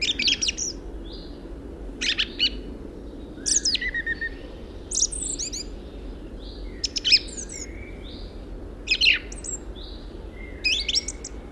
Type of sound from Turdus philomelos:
song